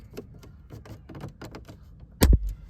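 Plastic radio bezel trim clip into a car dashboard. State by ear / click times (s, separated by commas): seated / 2.2 s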